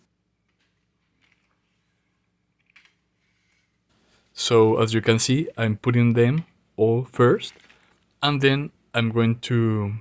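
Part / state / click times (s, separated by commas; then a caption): caster wheel into shoe rack frame tube / not seated / none. Caster wheels are being set loosely into all the frame tubes of a 10-tier dual-side mesh shoe rack for 60 pairs of shoes; the wheels fit into the frame by pressure and none has been pushed down yet. Faint handling ticks come at about 1.3 s and 2.6–2.8 s, then someone talks from about 4.4 s to the end. Nothing has seated or clicked yet.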